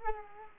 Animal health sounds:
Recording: mosquito wingbeat signal from an infrared sensor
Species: Culex quinquefasciatus

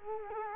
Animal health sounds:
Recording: mosquito wingbeat signal from an infrared sensor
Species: Culex quinquefasciatus

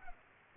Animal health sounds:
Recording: mosquito wingbeat signal from an infrared sensor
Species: Culex pipiens

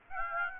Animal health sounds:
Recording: mosquito wingbeat signal from an infrared sensor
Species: Aedes aegypti

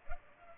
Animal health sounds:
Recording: mosquito wingbeat signal from an infrared sensor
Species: Culex pipiens

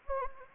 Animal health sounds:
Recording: mosquito wingbeat signal from an infrared sensor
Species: Anopheles gambiae

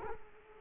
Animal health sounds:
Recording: mosquito wingbeat signal from an infrared sensor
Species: Culex quinquefasciatus

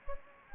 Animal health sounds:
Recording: mosquito wingbeat signal from an infrared sensor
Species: Anopheles gambiae

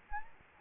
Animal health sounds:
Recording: mosquito wingbeat signal from an infrared sensor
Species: Anopheles gambiae

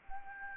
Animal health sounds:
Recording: mosquito wingbeat signal from an infrared sensor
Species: Anopheles gambiae

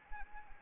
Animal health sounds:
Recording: mosquito wingbeat signal from an infrared sensor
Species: Anopheles arabiensis

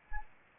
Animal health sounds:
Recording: mosquito wingbeat signal from an infrared sensor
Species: Anopheles arabiensis

